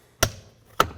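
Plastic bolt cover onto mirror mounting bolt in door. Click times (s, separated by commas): 0.2 s, 0.8 s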